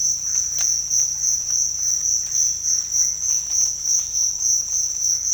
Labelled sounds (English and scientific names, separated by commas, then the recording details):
none
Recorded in dense forest near Puerto Asís, Putumayo, Colombia, on 18 December 2024 at 06:30
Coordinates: 0.481, -76.323
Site G100